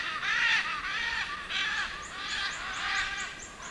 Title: Pavanegra. Guacamaya Verde Limón Cantando Sonido para Llamar